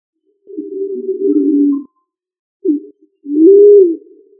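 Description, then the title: Pigeon giving a drawn-out low wavering coo, a pause, then a brief note and a rounder swelling coo that rises and falls. "Familia Columbidae Pomba"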